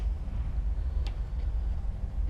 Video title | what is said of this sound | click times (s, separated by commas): PROJECT EV-NO EP-2 oem spoiler delete | i bought this one of the crappier parts is the trunk just doesn't latch so | none